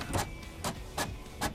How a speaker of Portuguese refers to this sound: É uma impressora. Eu tô imprimindo gigadólares.